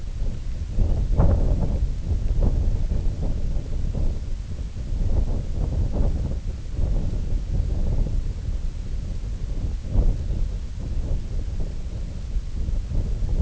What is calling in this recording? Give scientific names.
none